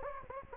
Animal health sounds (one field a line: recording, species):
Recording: mosquito wingbeat signal from an infrared sensor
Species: Anopheles gambiae